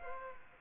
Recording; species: mosquito wingbeat signal from an infrared sensor; Aedes aegypti